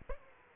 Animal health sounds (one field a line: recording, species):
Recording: mosquito wingbeat signal from an infrared sensor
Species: Aedes aegypti